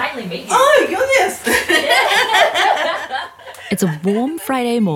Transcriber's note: they laugh